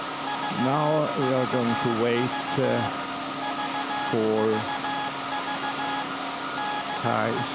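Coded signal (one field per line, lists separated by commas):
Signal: Morse code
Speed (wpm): 15 wpm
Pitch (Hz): 840 Hz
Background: speech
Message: VVV VVV DE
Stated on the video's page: SAQ Alexanderson alternator from 1924, a pre-electronic VLF transmitter at Grimeton, Sweden, sending an anniversary message on UN Day, live.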